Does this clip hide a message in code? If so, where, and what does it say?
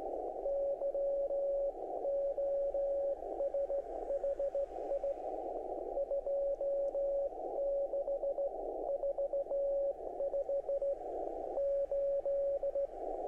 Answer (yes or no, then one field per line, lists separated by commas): yes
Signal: Morse code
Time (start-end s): 0.5-12.9 s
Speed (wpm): 17 wpm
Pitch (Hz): 560 Hz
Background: none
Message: YOSHI 2645 8